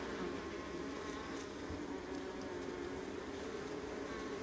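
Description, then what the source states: Honey bee colony hum, a low even drone of many insects, steady across the short stretch. Honey bee colony, recorded close.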